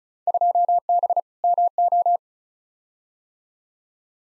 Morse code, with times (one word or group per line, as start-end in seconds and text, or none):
0.3-1.2 2B
1.4-2.2 MO